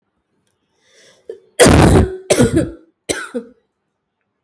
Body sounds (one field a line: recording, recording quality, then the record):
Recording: heavy voluntary cough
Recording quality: excellent, no background noise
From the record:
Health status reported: healthy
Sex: female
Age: 30 years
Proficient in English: yes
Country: India